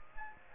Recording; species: mosquito wingbeat signal from an infrared sensor; Aedes aegypti